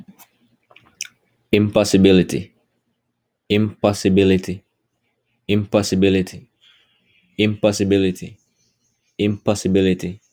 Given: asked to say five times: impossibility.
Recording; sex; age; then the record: repeated word; male; 20 to 29 years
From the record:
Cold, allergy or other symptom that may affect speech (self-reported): no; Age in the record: 23 years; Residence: Texas, United States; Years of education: 14